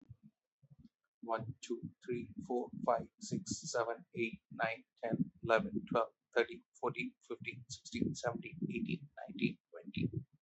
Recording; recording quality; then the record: counting at a fast pace; moderate, slight background noise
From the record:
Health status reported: healthy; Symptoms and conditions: none ticked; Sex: male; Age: 39 years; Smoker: not ticked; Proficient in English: yes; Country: India